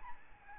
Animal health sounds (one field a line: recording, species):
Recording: mosquito wingbeat signal from an infrared sensor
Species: Aedes albopictus